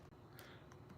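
The basket of a compact Kogu coffee grinder is handled against the grinder body as it is being twisted toward its locked position. Two brief, sharp ticks are heard at about 0.4 s and 0.7 s over a low steady background. The clip ends before the basket locks into place; nothing has seated or clicked home yet.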